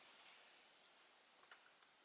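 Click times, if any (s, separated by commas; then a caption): none. A bow limb is pushed by hand into the riser's limb pocket of a Twig Archery Black Shark Convertabow while the recurve limbs are being swapped. Over a steady broadband hiss there are a few faint handling ticks, the clearest near 0.9 s. Nothing has seated or clicked yet.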